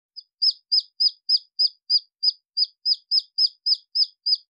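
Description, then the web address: Red junglefowl chick peeping: loud, high, downslurred notes repeated steadily about three times a second, with no other sounds. A chick calling its mother after getting lost from the flock. "Tieng Ga rung con goi me lac bay. tieng ga rung con keu goi me lac bay"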